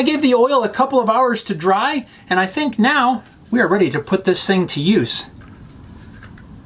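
Someone talks for about five seconds while handling a pocketknife and its wet-molded, oiled leather sheath, followed by a quiet stretch with two faint handling sounds near 6.2 and 6.4 seconds. The knife has not yet been pushed home, so nothing has seated or clicked yet.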